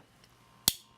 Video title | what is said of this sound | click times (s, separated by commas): Spyderco Delica 4 FFG, Acura RSX Type-S of knives, Review | that snap should when it locks into place should say it all. | 0.7 s